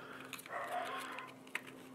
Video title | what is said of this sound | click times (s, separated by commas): How to Shoot Polaroid Peel-Apart Photos | you hear it snap in | 1.6 s